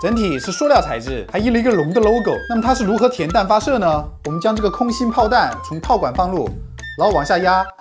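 A plastic four-wheeled toy cannon with a dragon logo is shown while someone talks over music. A plastic cannonball is put through the barrel and pushed down to load it, but nothing has seated or clicked yet before the clip ends.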